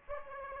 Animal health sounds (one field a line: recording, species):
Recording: mosquito wingbeat signal from an infrared sensor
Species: Aedes aegypti